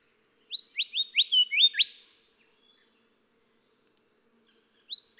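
Golden whistler song: one rich whistled phrase of quick upslurred notes finishing with a strong whip note, then silence and the start of another phrase.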